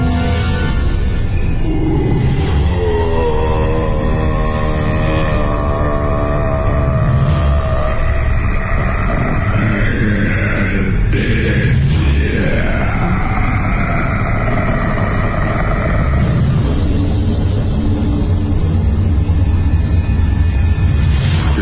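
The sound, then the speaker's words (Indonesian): A very loud, deep growl rumbles on without a break for about twenty seconds, rough and droning, with wavering tones that rise and bend midway. No one speaks over it. “Aku terus membaca doa dan tiba-tiba terdengar suara geraman yang sangat keras.”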